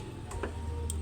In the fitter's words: Nakalock na siya.